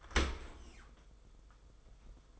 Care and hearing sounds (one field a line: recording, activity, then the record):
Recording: daily activity, microphone in the room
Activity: open dishwasher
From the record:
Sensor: 5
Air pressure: 990.6 hPa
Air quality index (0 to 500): 166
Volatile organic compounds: 326 ppm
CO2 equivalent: 4536 ppm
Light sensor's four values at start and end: 37/114/44/47 and 37/113/44/46